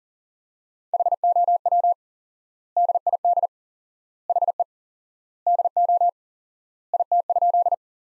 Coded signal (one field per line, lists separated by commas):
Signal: Morse code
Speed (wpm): 37 wpm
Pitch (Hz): 700 Hz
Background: none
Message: HOW DID HE DO IT?